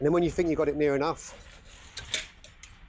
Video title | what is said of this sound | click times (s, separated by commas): How To Setup A 3x3 Gazebo On Your Own - EASY WAY!! | you just push it up like that, feel it clicking, | 2.1 s